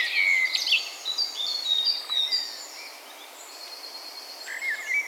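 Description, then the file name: Common blackbird: a burst of high, squeaky notes in the first second, thinner scattered notes afterwards, then a quiet stretch and a short sharp note near the end, over steady hiss. "Turdus merula"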